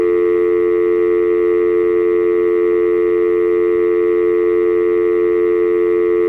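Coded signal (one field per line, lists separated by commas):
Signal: telephone call progress tone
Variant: North America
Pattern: dial tone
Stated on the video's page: Call progress tone from an AT&T EP5995 5.8 GHz cordless analog speakerphone.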